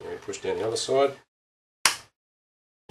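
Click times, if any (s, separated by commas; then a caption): 1.9 s. Someone talks as the other side of a RAM module is pushed down into the memory slot of an Apple iMac G5 desktop computer, followed by a brief silence. A short, sharp click at 1.9 s marks the module seating fully home in the slot.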